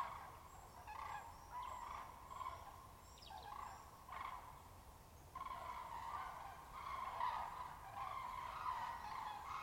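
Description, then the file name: Common cranes trumpeting together, a steady chorus of overlapping bugling calls that swells louder in the second half. "Grue-cendrée-Der"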